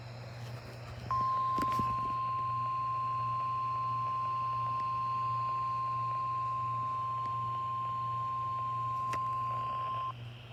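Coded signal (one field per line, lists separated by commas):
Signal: Emergency Alert System (SAME) tones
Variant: 1050 Hz attention tone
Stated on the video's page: Alerts from NOAA Weather Radio KIG79 Nashville and an FM station.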